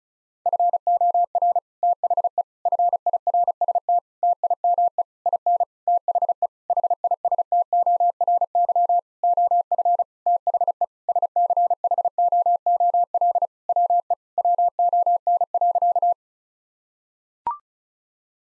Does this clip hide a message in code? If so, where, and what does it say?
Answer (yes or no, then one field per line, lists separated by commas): yes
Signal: Morse code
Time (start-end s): 0.5-16.1 s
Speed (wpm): 34 wpm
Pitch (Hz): 700 Hz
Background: none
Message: FOR THE FIRST TIME IN THE HISTORY OF THE SCHOOL WE WON.